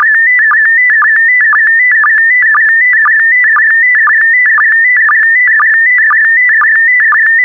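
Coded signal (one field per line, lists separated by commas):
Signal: SSTV (slow-scan television)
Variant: PD120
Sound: warbling steady tone around 2 kHz with a rhythmic low blip twice a second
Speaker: Five, four, three, two, one. Transmission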